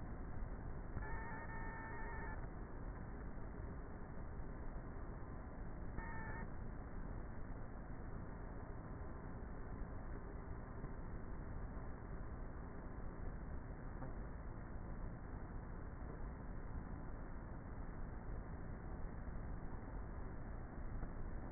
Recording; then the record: honeybee colony, microphone inside the hive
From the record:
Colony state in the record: queenless with a low population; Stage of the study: before two queens were removed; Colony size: about 30,000 bees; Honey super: no